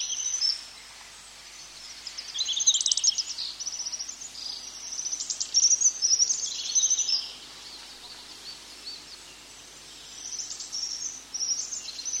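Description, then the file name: Japanese accentor song, a high, rapid jumbled warble of thin twittering notes in long bursts, with quiet pauses between phrases. "kayakuguri"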